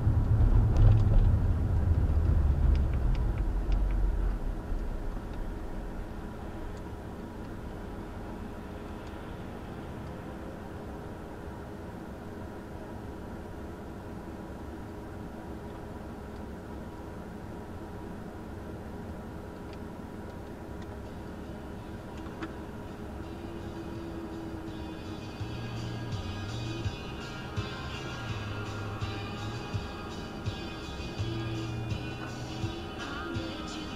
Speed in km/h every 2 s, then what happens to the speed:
31, 18, 8, 0, 0, 0, 0, 0, 0, 0, 0, 0, 0, 0, 0, 0, 0.
0-5 brakes to 0. 5-34 standing.